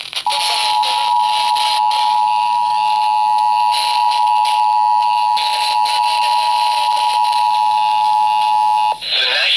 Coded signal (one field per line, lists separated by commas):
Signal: Emergency Alert System (SAME) tones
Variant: 853 and 960 Hz attention tone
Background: music